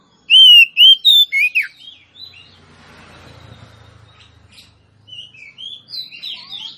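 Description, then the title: Oriental magpie-robin song, a loud burst of clear whistled and slurred notes, then softer broken chirps with a low rumble, and a few more phrases at the end. Female song, used to provoke a male that has stopped singing into singing and fighting. "Suara kacer betinamemancing kacer jantan yg macet bunyi"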